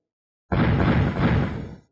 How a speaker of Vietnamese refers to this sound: Khoảnh khắc Tô Minh nhìn hướng quan tài thì bên trong phát ra tiếng nổ trầm đục, dường như có nắm đấm đánh vào cái nắp quan tài khiến cái nắp nứt ra.